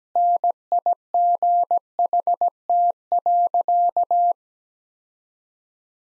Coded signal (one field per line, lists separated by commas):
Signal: Morse code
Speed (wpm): 17 wpm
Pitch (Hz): 700 Hz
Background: none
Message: NIGHT.